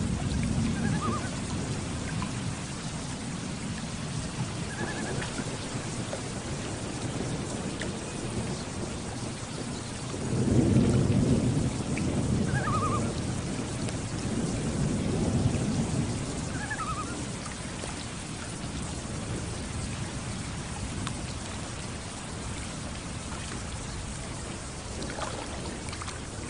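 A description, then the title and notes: Steady rain hisses over a lake, with a low rumble of thunder swelling around ten to seventeen seconds before fading back. Faint, brief bird calls, likely loons, cut through now and then, while soft water lapping sits low underneath. Thunderstorm and Loons on Lake with Gentle Water Lapping. Ambient nature sounds.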